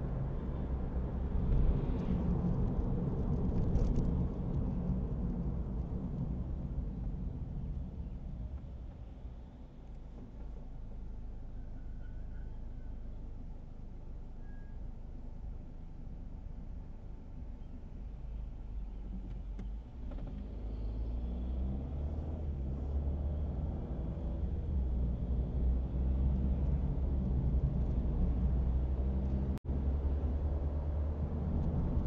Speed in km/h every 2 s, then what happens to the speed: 66, 65, 60, 55, 51, 37, 2, 0, 0, 0, 6, 0, 5, 19, 27, 31.
3-13 brakes to 0. 13-19 standing. 20-23 slows to 0. 23-32 pulls away to 31.